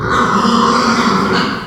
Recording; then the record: squeal of a Yucatan mini pig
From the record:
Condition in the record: after surgery on the right vocal fold (resection and tissue-engineered implant); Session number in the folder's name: 15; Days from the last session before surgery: 175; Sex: female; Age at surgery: 19 weeks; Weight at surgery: 25 kg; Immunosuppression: prednisolone